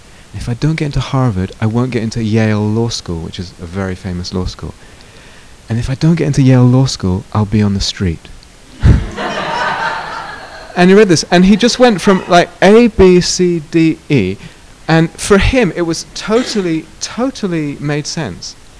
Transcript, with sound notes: "If I don't get into Harvard, I won't get into Yale Law School," which is a very famous law school. "And if I don't get into Yale Law School, I'll be on the street." [laughter] I read this, and he just went from A, B, C, D, E, and for him it totally made sense.